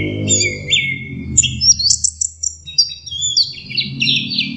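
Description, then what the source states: Orange-headed thrush song, a run of varied whistled phrases high in pitch, sliding and warbling, with a low hum beneath. Song used as a master recording for training birds; 'teler' song style, version 4.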